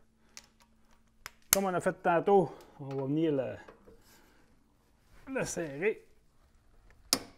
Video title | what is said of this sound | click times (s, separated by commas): Installation et Test Chenilles Camso T4S sur CFMoto Cforce 500 HO | avez entendu le clic c'est ça | 7.1 s